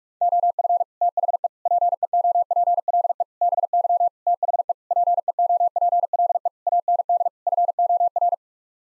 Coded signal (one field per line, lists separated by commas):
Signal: Morse code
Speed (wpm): 46 wpm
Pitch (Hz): 700 Hz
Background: none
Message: OF THE PEOPLE BY THE PEOPLE AND FOR